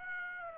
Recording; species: mosquito wingbeat signal from an infrared sensor; Aedes aegypti